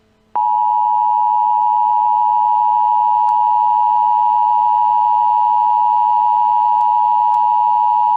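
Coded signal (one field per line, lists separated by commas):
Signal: Emergency Alert System (SAME) tones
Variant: 853 and 960 Hz attention tone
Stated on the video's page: Fictional mock EAS scenario following a summer thunderstorm.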